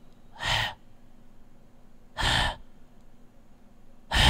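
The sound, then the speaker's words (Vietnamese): A voice imitates a person's irregular gasping breaths, unlike normal even breathing: three harsh, airy bursts, each about a third of a second long, separated by roughly two-second pauses of quiet. No talking. “Không, thỉnh thoảng nó thở cứ... Nó không phải thở đều như người bình thường mình đâu các ông.”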